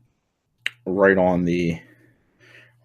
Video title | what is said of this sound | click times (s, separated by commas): Gaming Musings: Starlink: Battle for Atlas | he slides and locks into place | 0.7 s